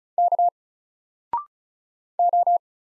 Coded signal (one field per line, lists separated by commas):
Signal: Morse code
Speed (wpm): 36 wpm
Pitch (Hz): 700 Hz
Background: none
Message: K O